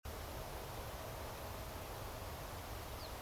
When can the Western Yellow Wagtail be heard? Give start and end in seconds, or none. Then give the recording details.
2.99-3.08. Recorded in France